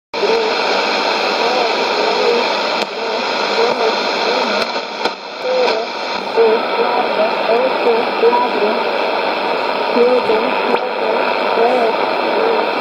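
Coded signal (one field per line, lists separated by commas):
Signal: numbers station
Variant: HM01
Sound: continuous dense hissing data signal with faint warbling tones, no spoken numbers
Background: radio static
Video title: 15 11 2019 HM01 Cuban Spy Numbers station in Spanish 1000 on 9155 Bejucal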